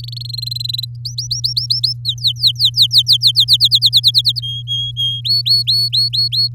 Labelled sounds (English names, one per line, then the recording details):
Domestic Canary song
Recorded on 3 May 2018 at 18:29
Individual llb16